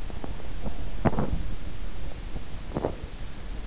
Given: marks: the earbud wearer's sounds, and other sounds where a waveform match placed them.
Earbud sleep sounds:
sounds in sleep by an in-ear microphone; teeth grinding
0.00-1.70 s: teeth grinding
2.48-3.18 s: teeth grinding

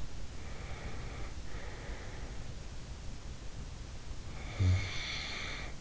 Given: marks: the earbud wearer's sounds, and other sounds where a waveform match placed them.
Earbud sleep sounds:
sounds in sleep by an in-ear microphone; breath, snoring breath
0.36-2.52 s: breath
4.35-5.81 s: snoring breath

